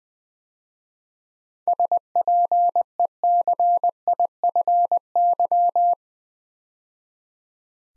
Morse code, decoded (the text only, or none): SPECIFY